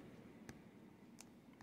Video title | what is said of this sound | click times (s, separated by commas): Modular Iron Man - Marvel Legends | you can hear the clicking where it clicks into place. | 0.5 s, 1.2 s, 1.6 s